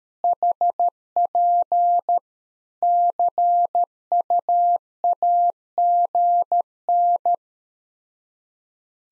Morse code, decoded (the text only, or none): HP CUAGN